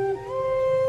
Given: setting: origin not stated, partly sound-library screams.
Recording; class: one-second piece from a danger detection set; normal situation